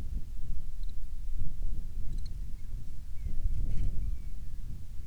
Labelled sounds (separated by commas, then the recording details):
bird, wind
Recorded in the Arctic National Wildlife Refuge, Alaska, on 10 July 2019 at 18:29
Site 44